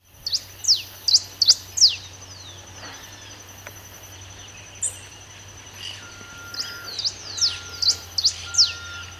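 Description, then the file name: Black-and-rufous warbling finch giving quick series of sharp, steeply falling high notes in two bursts, at the start and again near the end, with quieter faint notes between. Recorded at Laguna Diario, Uruguay, on 22 December 2011. "Poospiza-nigrorufa 3-Lag Diario-UR-22-12-11-ASilveira"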